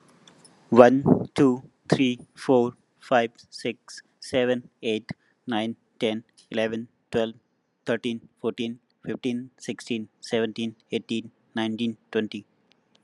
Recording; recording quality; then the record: counting at a normal pace; excellent, no background noise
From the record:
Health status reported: healthy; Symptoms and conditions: none ticked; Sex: male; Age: 29 years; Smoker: not ticked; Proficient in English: yes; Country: India